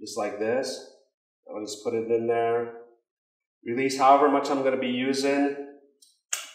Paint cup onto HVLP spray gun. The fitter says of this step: just going to snap it on there make sure it's locked into place